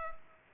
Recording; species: mosquito wingbeat signal from an infrared sensor; Culex pipiens